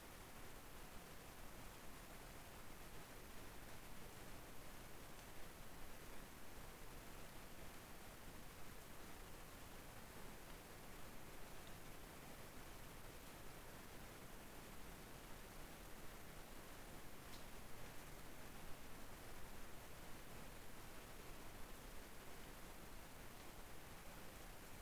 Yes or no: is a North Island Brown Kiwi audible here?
no